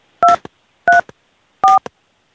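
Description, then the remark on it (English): Three phone keypad tones entering a voicemail password, evenly spaced about two-thirds of a second apart, each a loud dual-pitched beep cut short and followed by a quick soft click, with silence in between. “Please enter your password.”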